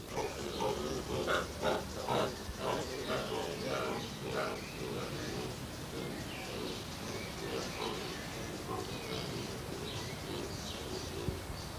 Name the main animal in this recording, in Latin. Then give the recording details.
Papio hamadryas. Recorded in captivity. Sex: diverse. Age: adult. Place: Zoo Berlin, Berlin, DE. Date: 2003-06-27 18:38. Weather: heiter, 25°C. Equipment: Fair Mate ST-1328 (Asahi Electronics, Japan), Sennheiser ME 80, Kopie Uher 4000 Report Monitor. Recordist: Tembrock, Günter